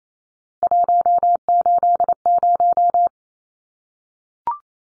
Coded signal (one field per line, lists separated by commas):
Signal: Morse code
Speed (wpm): 28 wpm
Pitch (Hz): 700 Hz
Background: none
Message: 180